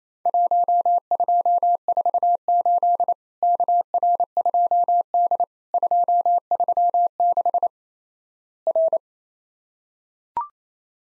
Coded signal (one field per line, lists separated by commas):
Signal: Morse code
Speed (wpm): 28 wpm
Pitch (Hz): 700 Hz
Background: none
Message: 1248 KR2D 236 R